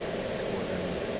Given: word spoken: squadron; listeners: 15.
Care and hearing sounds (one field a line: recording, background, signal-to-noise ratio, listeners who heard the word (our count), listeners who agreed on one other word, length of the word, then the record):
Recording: one English word in noise, from a listening test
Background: speech-shaped noise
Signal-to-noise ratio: -6.8 dB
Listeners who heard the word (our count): 1 of 15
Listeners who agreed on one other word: 9 of 15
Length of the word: 0.80 s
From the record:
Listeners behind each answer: 9, 1, 1, 1, 1, 1, 1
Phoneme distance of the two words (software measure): 41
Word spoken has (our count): 2 syllables, 8 phonemes, stress on syllable 1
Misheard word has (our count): 1 syllable, 5 phonemes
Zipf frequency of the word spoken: 3.55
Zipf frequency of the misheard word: 3.01